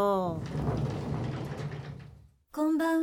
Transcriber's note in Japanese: 戸開く